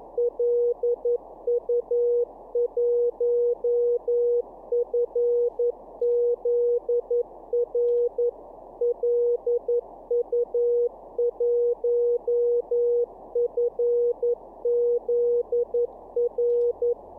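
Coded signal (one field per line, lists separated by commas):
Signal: Morse code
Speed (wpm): 11 wpm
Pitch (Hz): 480 Hz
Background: none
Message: LU1FZR LU1FZR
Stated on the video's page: Live-streamed daily Morse code (CW) learning practice session.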